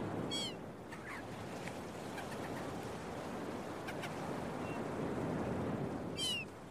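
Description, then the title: Gull calls, two loud harmonic squeals at the start and end with a few faint calls between, over a steady wash of breaking waves. Recorded early in the morning at a beach, with waves breaking. "Early Morning Seagulls and Beach Waves"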